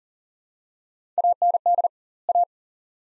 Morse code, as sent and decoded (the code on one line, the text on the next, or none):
.- -. -.. / .-
AND A